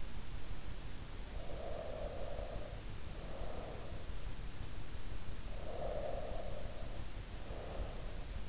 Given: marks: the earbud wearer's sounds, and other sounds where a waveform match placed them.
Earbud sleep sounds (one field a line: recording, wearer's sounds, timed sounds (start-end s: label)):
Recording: sounds in sleep by an in-ear microphone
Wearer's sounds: breath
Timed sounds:
1.33-4.19 s: breath
5.57-8.48 s: breath